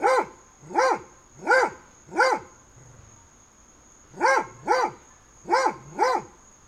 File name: freesound Dogs Barking through Fence on Summer Day binaural